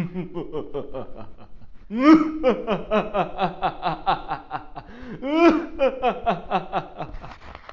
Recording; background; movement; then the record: laughter; quiet; sitting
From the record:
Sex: male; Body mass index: 21.0 kg/m2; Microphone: on the chest, facing outward